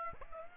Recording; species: mosquito wingbeat signal from an infrared sensor; Aedes aegypti